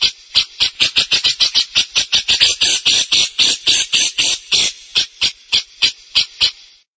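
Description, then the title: Grey-cheeked bulbul giving rapid, rasping notes in a long series, several per second, with no other sounds. "CUCAK JENGGOT"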